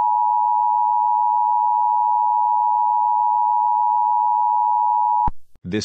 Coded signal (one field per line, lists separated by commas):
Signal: Emergency Alert System (SAME) tones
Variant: 853 and 960 Hz attention tone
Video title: EAS Scenario: uwucutesingle